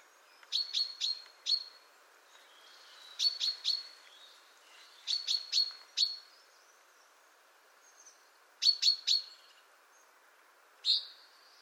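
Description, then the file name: Common chaffinch calls: sharp, high notes given in quick bursts of three or four, with occasional single notes, and pauses of a second or two between bursts, over faint background hiss. "Fringilla coelebs"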